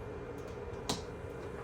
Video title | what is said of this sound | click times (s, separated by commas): BLUETTI B300 Powerhouse On The GO! | You hear the snap, push it forward to the lock position. | 0.9 s